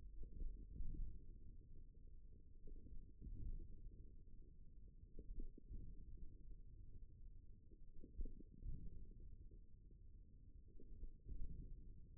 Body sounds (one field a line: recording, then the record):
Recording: forearm muscle sounds (acoustic myography)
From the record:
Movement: wrist flexion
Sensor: system 1, eight BSWA MPA416 microphones around the upper forearm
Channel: 3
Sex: male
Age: 41 years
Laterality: right